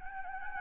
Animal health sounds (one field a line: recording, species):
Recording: mosquito wingbeat signal from an infrared sensor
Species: Anopheles gambiae